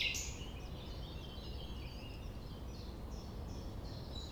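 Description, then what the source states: Common nightingale song with a sharp opening note followed by sparse whistled and warbled phrases over low-frequency background noise. Sung at sunrise, 6 a.m., near the Thève river at Champ de Ménage; the nightingale sings without waiting for silence.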